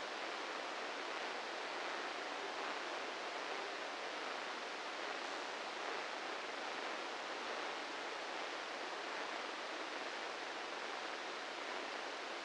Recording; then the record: brain microelectrode recording played as sound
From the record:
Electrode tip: inside the subthalamic nucleus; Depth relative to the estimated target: -5 mm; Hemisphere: left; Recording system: NeuroSet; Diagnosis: Parkinson's disease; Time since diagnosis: 8 years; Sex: male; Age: 58 years